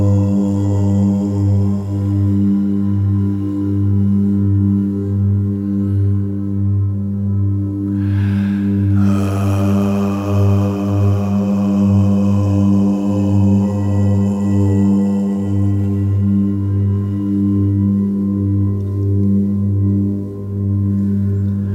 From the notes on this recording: sound bath